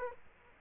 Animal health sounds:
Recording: mosquito wingbeat signal from an infrared sensor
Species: Culex quinquefasciatus

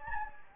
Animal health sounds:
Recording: mosquito wingbeat signal from an infrared sensor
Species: Anopheles gambiae

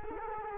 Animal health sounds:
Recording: mosquito wingbeat signal from an infrared sensor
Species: Culex quinquefasciatus

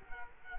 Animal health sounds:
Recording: mosquito wingbeat signal from an infrared sensor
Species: Culex quinquefasciatus

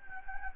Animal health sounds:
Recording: mosquito wingbeat signal from an infrared sensor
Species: Anopheles gambiae

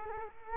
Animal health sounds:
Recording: mosquito wingbeat signal from an infrared sensor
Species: Culex quinquefasciatus

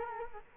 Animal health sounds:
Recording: mosquito wingbeat signal from an infrared sensor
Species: Culex quinquefasciatus

